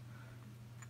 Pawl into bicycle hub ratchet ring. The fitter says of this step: can feel it click and then you